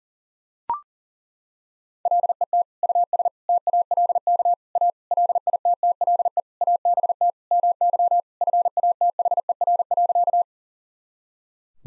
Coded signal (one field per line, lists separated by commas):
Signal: Morse code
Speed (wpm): 40 wpm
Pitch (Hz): 700 Hz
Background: none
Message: LET US TALK A LITTLE ABT MY FATHER.